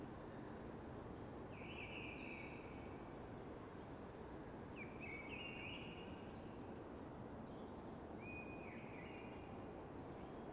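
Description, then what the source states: Eurasian blackbird singing three brief whistled phrases spaced a few seconds apart, beneath a constant rushing wind. Sung early, amongst hushing conifers.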